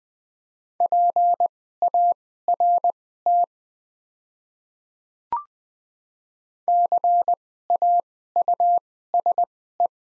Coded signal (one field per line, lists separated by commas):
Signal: Morse code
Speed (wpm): 20 wpm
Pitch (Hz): 700 Hz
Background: none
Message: PART CAUSE